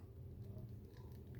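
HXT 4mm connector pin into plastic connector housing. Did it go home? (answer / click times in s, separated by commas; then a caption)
no / none. A metal pin for a 4mm HXT connector is pushed hard into its plastic connector housing, but it does not snap home. Only a low, steady hum and a few faint soft noises are heard, with small bumps near 1.0 and 1.4 seconds. The pin has not seated or clicked yet.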